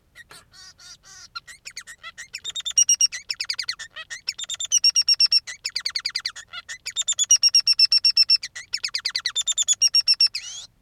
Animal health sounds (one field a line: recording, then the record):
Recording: song of a male Bengalese finch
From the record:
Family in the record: son of father 3